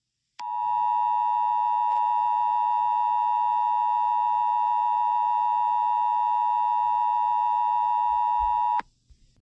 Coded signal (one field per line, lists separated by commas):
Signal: Emergency Alert System (SAME) tones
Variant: 853 and 960 Hz attention tone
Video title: EAS SCENARIO 28: Attack Of The Nightmare Critters